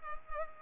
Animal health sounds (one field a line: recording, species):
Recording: mosquito wingbeat signal from an infrared sensor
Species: Culex pipiens